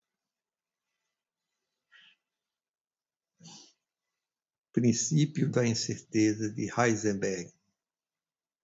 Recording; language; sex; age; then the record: short text; Brazilian Portuguese; male; 70 to 79 years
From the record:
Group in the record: control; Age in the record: 78 years